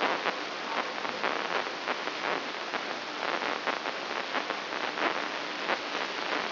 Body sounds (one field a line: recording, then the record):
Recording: brain microelectrode recording played as sound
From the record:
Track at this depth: outside the subthalamic nucleus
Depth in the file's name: 7.46 mm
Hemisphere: left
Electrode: 3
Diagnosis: Parkinson's disease